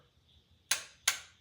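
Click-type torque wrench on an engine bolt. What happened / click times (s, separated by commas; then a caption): Torque wrench clicks at its set torque / 0.7 s, 1.1 s. A click-type torque wrench tightens an engine fastener on a small block Ford 302 build until it reaches its set torque, clicking to signal that the fastener is torqued. Two sharp, bright clicks ring out at 0.7 s and 1.1 s over a quiet background, each fading quickly. The wrench reaches its setting and the fastener is confirmed torqued.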